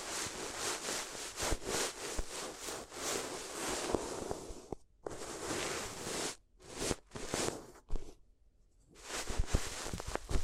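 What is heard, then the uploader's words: ASMR paper crinkling and rubbing, a dense bright crackle made of quick rustling strokes. The sound runs steadily for the first five seconds, then breaks into shorter bursts with brief pauses, a near-silent gap around eight to nine seconds, and resumes at the end. ASMR If You Had Paper Ears (No Talking).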